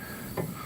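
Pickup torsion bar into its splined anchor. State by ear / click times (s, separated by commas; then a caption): seated / 0.4 s. The steel torsion bar of a Mazda B2200 pickup is backed off slightly and rotated in its splined anchor key. A soft click at 0.4 s marks its splines seating into the next index position, over a steady low background hiss.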